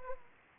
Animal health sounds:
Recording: mosquito wingbeat signal from an infrared sensor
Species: Anopheles arabiensis

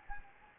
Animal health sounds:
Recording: mosquito wingbeat signal from an infrared sensor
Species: Anopheles gambiae

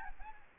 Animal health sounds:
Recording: mosquito wingbeat signal from an infrared sensor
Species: Aedes albopictus

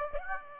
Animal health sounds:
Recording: mosquito wingbeat signal from an infrared sensor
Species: Aedes aegypti

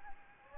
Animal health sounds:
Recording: mosquito wingbeat signal from an infrared sensor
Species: Anopheles gambiae

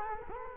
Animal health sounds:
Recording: mosquito wingbeat signal from an infrared sensor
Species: Culex quinquefasciatus

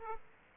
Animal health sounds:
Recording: mosquito wingbeat signal from an infrared sensor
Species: Aedes aegypti

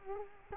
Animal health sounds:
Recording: mosquito wingbeat signal from an infrared sensor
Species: Culex quinquefasciatus

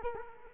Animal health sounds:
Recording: mosquito wingbeat signal from an infrared sensor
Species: Culex quinquefasciatus

